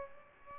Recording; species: mosquito wingbeat signal from an infrared sensor; Aedes albopictus